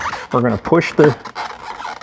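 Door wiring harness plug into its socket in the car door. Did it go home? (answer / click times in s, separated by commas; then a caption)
no / none. On a Pontiac Solstice / Saturn Sky, the plastic door wiring harness plug is handled and pushed toward its socket in the car door while the door panel is being refitted during an interior door handle replacement. Someone talks over soft rubbing and handling noises. Nothing has seated or clicked yet.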